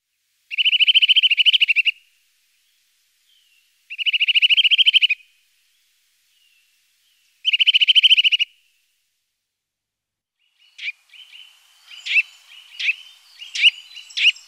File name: Sittelle torchepot